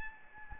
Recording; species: mosquito wingbeat signal from an infrared sensor; Aedes albopictus